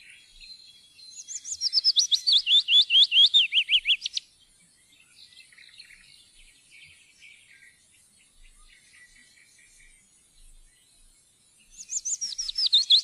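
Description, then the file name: Willow warbler sings a gentle, liquid phrase of whistled notes that falls gradually in pitch, then starts again after a long pause; quiet background birdsong fills the gap. "loevsanger"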